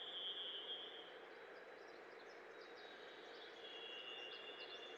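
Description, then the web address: Varied Thrush giving long, even, buzzy whistled tones, one at the start and another near the end, over a steady background hiss. Western North America. "Dan Gibson Wildlife Identification By Sound, Western North America. Varied Thrush"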